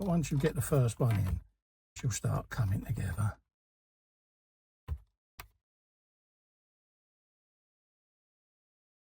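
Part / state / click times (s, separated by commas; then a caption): model kit part into the 1:8 scale model car body / not seated / none. Someone talks while handling a part of a 1:8 scale die-cast model kit of the 1967 Mustang Eleanor, jiggling it to line its pins up with the holes behind before it goes into the model car body. After the talking, two brief, sharp handling sounds occur at about 4.9 and 5.4 seconds, then silence. Nothing has seated or clicked yet.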